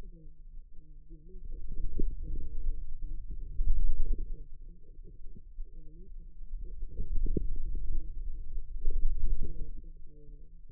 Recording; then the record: forearm muscle sounds (acoustic myography)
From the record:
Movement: wrist extension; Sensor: system 2, bracelet of six BSWA MPA416 microphones around the upper forearm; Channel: 4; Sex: female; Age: 25 years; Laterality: right